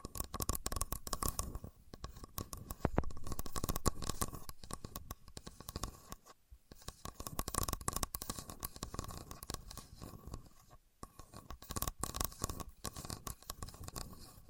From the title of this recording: Using A Contour Gauge (No Talking)